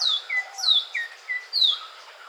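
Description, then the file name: Oriental magpie-robin calling with clear whistled notes that slide downward from high pitch, alternating with shorter lower notes; three high slurs in about two seconds over faint background hiss. Recorded at Weddagala, Sri Lanka, on 5 March 2015. "Magpie-Robin Weddagala-05 Mar 2015"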